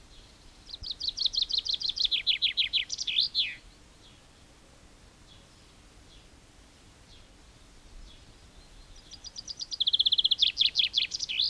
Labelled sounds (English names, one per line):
Common Chaffinch song